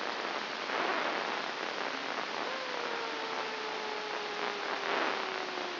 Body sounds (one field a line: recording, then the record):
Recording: brain microelectrode recording played as sound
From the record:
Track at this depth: inside the subthalamic nucleus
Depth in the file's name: 5.301 mm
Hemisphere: left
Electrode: 2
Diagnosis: Parkinson's disease